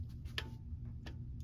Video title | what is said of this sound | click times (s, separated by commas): Oil and filter change and transmission fluid change for 2017 Ford Explorer 3.5L drivetrains | You see that? It doesn't turn anymore, but the neck of it clicks. | 0.4 s